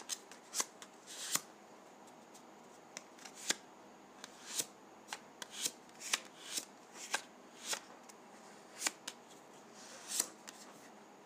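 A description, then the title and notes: Dry putty is handled, giving crisp little cracks and snaps every half second or so across the whole clip. The clicks are sharp and bright, some louder than others, with faint soft crackling and a low hush between them. ASMR Dry Putty.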